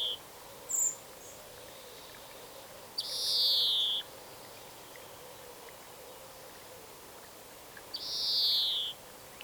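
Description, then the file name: European greenfinch giving drawn-out, nasal wheezing notes that slide downward, each about a second long, two heard several seconds apart, with a brief high chip before. "Chloris chloris"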